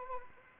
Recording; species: mosquito wingbeat signal from an infrared sensor; Anopheles arabiensis